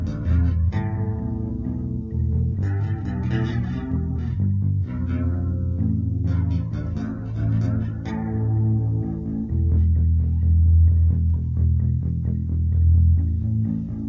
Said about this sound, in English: Echo on your bass or my voice? On your bass? Okay, okay. I hear your echo, the delay.